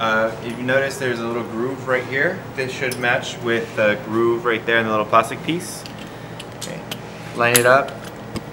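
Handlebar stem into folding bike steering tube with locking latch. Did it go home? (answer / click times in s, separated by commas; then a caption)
no / none. A handlebar stem is lined up with a groove on a plastic piece of a 20-inch Xspec folding bike's steering tube that has a locking latch, while someone talks. A few light handling taps are heard near the end. Nothing has seated or clicked yet, because the stem has not been pushed in and locked.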